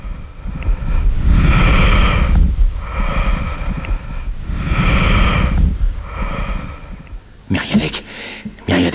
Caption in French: Les bruits que font les poumons au cours de la respiration. Une sorte de murmure le murmure vésiculaire des alvéoles qui se plissent et se déplissent selon la mécanique respiratoire.